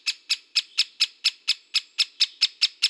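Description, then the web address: Great spotted woodpecker giving sharp, high clicking 'kik' calls, repeated steadily about four times per second, thirteen notes in a row, otherwise quiet. "Dendrocopos major"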